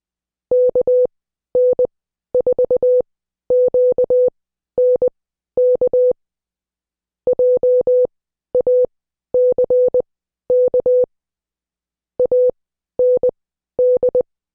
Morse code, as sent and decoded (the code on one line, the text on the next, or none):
-.- -. ....- --.- -. -.- / .--- .- -.-. -.- / .- -. -..
KN4QNK JACK AND